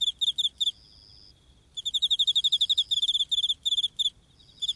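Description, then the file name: Autumn insect call: quick high-pitched pulsed chirps, a brief steady trill, then a longer run of rapid pulses. Heard in autumn. "akinomushi"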